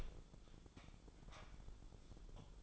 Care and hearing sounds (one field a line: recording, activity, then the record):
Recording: daily activity, microphone in the room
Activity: open door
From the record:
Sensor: 5